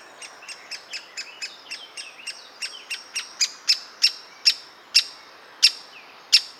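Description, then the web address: Great spotted woodpecker calls: quick high chips at first, then louder sharp kik notes spaced further apart. Hungry juvenile. "Pic Epeiche Jeune Affame"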